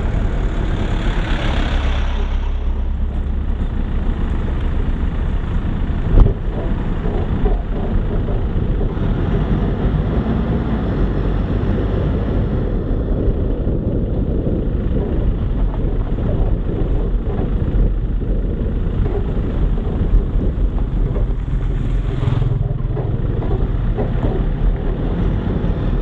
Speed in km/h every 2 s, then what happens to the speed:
11, 11, 9, 11, 17, 21, 20, 18, 20, 19, 16, 15, 17.
0-5 steady at about 11. 5-10 speeds up to 21. 10-26 steady at about 18.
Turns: none.